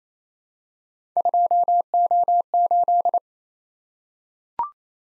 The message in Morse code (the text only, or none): 2O8